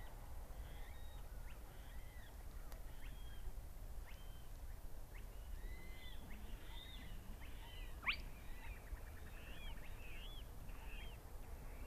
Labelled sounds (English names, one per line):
Spotted Crake